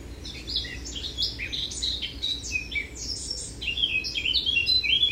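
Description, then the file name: Eurasian blackcap song, rambling warbled notes that build into a louder, clearer whistled flourish toward the end. "Sylvia atricapilla"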